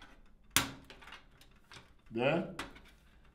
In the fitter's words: a place for you just make sure you have it aligned and pull it in it's gonna click yeah